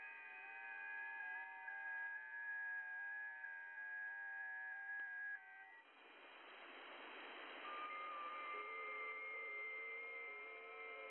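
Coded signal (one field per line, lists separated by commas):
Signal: FT8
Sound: several overlapping soft warbling tones stepping in pitch, pause, then new set begins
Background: radio static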